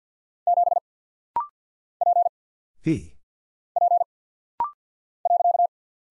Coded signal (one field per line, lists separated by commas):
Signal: Morse code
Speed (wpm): 48 wpm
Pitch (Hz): 700 Hz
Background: none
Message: 7 P P .